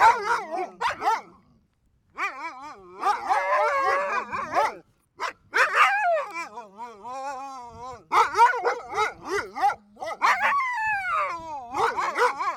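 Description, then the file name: Sled dogs in an overlapping chorus of high, wavering whines and short yips, rising and falling excitedly with brief pauses between bursts. Several sled dogs barking and whining, recorded in stereo. "freesound sled dogs"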